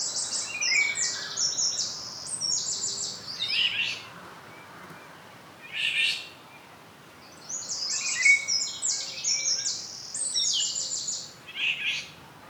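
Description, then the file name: Eurasian wren song: two long, rapid, high-pitched trilled phrases a few seconds apart, with a loud separate note between them. "Troglodytes troglodytes"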